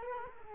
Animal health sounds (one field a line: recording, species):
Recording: mosquito wingbeat signal from an infrared sensor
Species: Culex quinquefasciatus